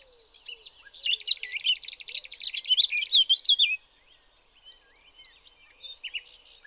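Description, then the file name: Eurasian blackcap song, a buzzy rattle blending into rich fluting whistles for about three seconds, then quiet scattered notes, with faint low notes in the background. "Sylvia atricapilla"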